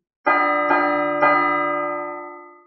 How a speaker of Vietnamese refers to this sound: Tiếng chuông chói tai vang vọng cả không gian, sắc mặt Thạch Mục biến đổi cực nhanh, nhìn về phía vừa truyền ra tiếng chuông chính là Huyền Linh Tháp.